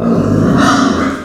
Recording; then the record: squeal of a Yucatan mini pig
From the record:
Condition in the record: after surgery on the right vocal fold (resection and tissue-engineered implant); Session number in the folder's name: 9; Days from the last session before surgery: 65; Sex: female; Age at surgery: 19 weeks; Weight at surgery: 25 kg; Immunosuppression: prednisolone